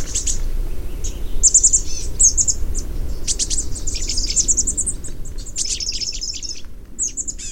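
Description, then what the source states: Chestnut-backed chickadee calls: high, thin, hoarse chips and buzzy notes repeated in quick irregular bursts, with low rumbling background noise throughout. Recorded by Bob McGuire in 2012 in the Philip Burton Wilderness on the Northern California coast.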